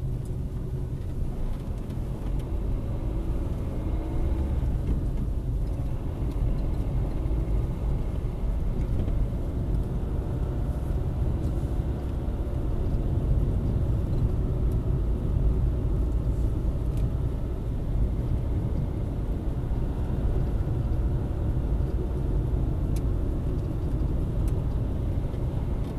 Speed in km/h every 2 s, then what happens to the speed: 19, 28, 34, 40, 48, 51, 53, 48, 48, 51, 52, 48, 46.
0-9 speeds up to 51. 9-21 steady at about 51. 21-23 slows to 46.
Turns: none.